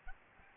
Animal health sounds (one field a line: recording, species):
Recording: mosquito wingbeat signal from an infrared sensor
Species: Aedes albopictus